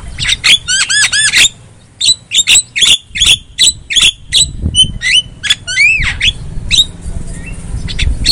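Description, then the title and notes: Javan myna song opening with fast looping whistled trills, then a string of sharp, clicking notes and a few rising whistles. Lure sound meant to prompt a silent Javan myna to sing. "Pancingan Jalak Kebo Bisu. Kicau Jalak Kebo"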